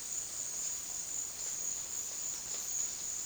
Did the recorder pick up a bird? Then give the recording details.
no. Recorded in dense forest near Puerto Asís, Putumayo, Colombia, on 18 February 2024 at 14:00. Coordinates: 0.466, -76.327. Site G6413